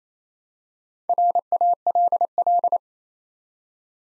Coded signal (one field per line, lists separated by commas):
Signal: Morse code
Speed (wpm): 29 wpm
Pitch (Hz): 700 Hz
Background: none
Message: RALL